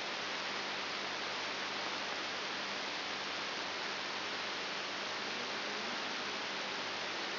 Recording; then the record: brain microelectrode recording played as sound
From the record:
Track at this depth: inside the subthalamic nucleus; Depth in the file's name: 6.301 mm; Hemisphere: left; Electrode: 3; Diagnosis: Parkinson's disease